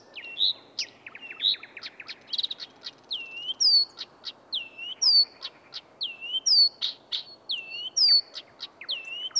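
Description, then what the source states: Blyth's Reed Warbler delivering loud, sweeping whistled notes alternating with quick clicks, each phrase type repeated several times before changing. Recorded 1985 at Villähde, Lahti, Finland; shrill, effective voice; sings by day after arriving from migration but especially at night when other birds are quiet; mimics other birds.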